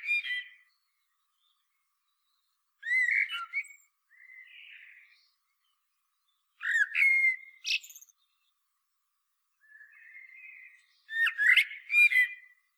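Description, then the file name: Common blackbird song, short phrases of clear whistles and twittery notes arriving every few seconds, with quieter warbles between. "Turdus merula"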